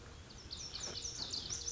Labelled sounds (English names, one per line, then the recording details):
Lazuli Bunting
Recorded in Sonoma County, California